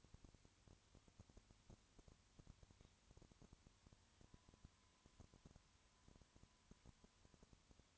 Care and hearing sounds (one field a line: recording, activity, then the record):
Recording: daily activity, microphone in the room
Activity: no activity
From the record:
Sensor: 3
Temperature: 20.5 degrees Celsius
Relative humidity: 34.6%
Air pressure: 1001.0 hPa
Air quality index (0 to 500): 195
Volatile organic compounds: 6 ppm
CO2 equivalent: 1858 ppm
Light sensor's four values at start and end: 2/3/2/2 and 2/3/2/2